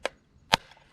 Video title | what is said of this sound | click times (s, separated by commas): How To Replace Gas Fuel Pump and Drop Tank from Jeep Liberty Dodge Nitro 2008 to 2014 | so you hear that snap | 0.5 s